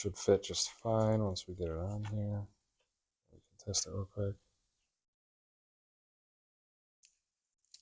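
Someone talks while hand test-fitting a metal threaded fitting onto the fuel rail of a 2JZ-GE engine, then goes quiet, with two faint ticks near 7.1 s and 7.7 s. Nothing has seated or clicked yet: the fitting goes on cross-threaded and is not tight.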